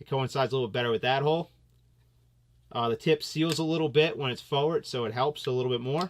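A soft-face bolt is handled in a paintball marker body during a Performance LCD build. Someone talks throughout, with a brief quiet pause in the middle. Nothing has seated or clicked yet.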